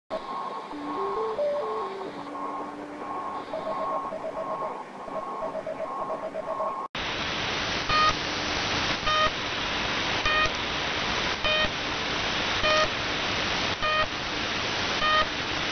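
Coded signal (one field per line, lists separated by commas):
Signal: channel marker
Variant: The Pip (S30)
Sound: short buzzy pips about every second or so over loud hiss, after earlier stepping tones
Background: radio static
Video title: 3756 kHz The Pip (Number Station)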